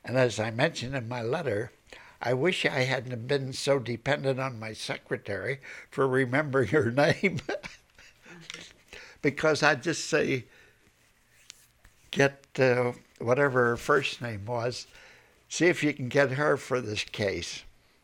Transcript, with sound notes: And as I mentioned in my letter, I wish I hadn't have been so dependent on my secretary for remembering her name. ( he laughs ) Because I'd just say, "Get," whatever her first name was, "See if you can get her for this case,